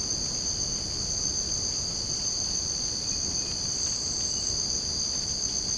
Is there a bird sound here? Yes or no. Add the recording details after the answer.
no. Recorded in secondary vegetation near Puerto Asís, Putumayo, Colombia, on 19 March 2025 at 01:30. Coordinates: 0.481, -76.318. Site G097